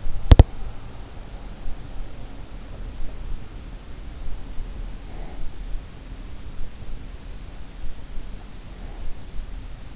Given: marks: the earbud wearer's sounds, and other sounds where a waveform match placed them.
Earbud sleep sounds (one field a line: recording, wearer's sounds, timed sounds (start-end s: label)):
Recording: sounds in sleep by an in-ear microphone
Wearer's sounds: teeth grinding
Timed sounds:
0.00-0.75 s: teeth grinding